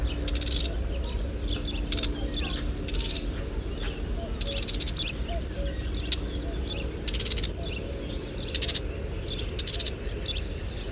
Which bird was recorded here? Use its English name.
Marsh Warbler